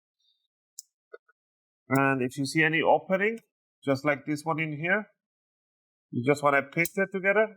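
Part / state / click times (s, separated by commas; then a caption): plastic snap clips of a laptop bottom cover into the chassis / seated / 0.8 s, 1.1 s. Plastic snap clips on the bottom cover of an HP ProBook 450 G9 laptop are pressed into the chassis, with the corners pinched hard so the clips lock in. Sharp clicks sound at 0.8 s and 1.1 s, with a fainter tick at 1.3 s, and the clips seat. Someone then talks.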